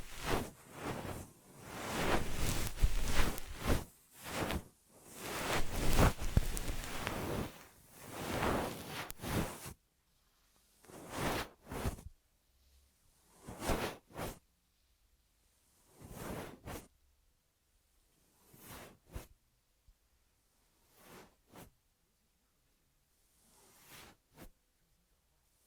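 Ear massage sounds: soft rubbing and swishing strokes, dense and loud for the first ten seconds with long brushing passes. After that the strokes turn short and sparse, brief swishes every second or two separated by near silence.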